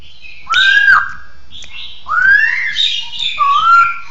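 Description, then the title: Bird giving three drawn-out whistles, the first level, the second rising, the third slightly wavering, with soft twittering above. "SuaraBurung Kicau1"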